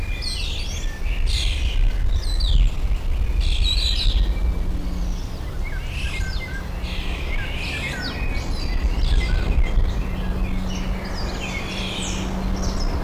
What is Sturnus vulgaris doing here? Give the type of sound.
song